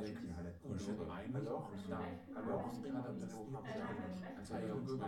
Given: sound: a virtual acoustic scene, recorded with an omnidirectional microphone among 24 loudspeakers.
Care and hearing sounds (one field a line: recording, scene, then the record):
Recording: noise of the scene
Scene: living room, symmetric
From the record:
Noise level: 70 dB SPL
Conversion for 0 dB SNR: 6.9 dB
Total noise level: 76.9 dB SPL